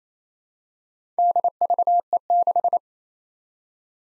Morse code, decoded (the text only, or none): DVE6